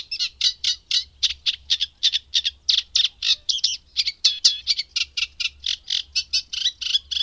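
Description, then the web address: Eurasian reed warbler chattering rapidly, a fast run of rhythmic harsh notes at a slightly uneven pace throughout. "agykontroll Madardalok Cd 3. Cserregő nádiposzáta"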